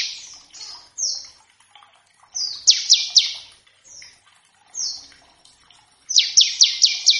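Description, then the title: Bar-winged prinia song: scattered high descending notes with short runs of loud slurred chirps, ending in a rapid series of strong notes. Lure and tutor recording of energetic ngebren-style song variations, used to coax the bird into singing and as a master for other cage birds. "Masteran Ciblek Gacor Vs Kenari Gacor Untuk Masteran Semua Jenis Burung. Ciblek ngebren variasi masteran & pancingan ciblek. Burung Ciblek"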